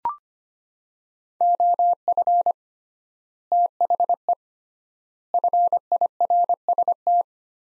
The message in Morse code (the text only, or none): OF THE FIRST